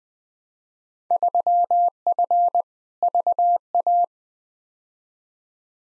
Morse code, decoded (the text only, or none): 3F VA